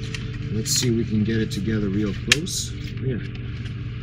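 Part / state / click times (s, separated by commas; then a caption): styrene model kit part into its mating part / not seated / none. Two blue styrene parts of an AMT Star Trek S951-651 U.S.S. Enterprise NCC-1701 plastic model kit are pressed together by hand while someone talks over a steady low hum, with a brief sharp tap near 2.3 s. Nothing has seated or clicked into place yet; the clip ends just before the part goes home.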